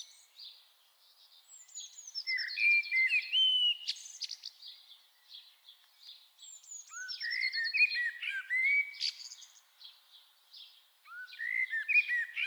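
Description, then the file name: Common blackbird song in three phrases of low whistles and squeaky high twitters, with pauses between. "Turdus merula"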